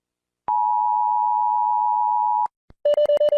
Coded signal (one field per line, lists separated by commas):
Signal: Emergency Alert System (SAME) tones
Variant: 853 and 960 Hz attention tone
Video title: compilation of all the eas alarms from every country (READ DESC)